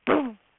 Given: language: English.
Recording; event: throat vibration sensor signal played as sound; throat clearing